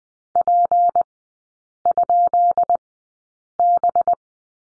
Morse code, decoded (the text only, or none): P?B